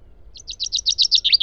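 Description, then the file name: Common chaffinch phrase of rapid high chips repeated quickly and sliding slightly lower in pitch, cut off before the end. "Fringilla coelebs"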